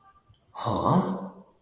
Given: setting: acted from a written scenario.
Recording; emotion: vocal sound without words; confusion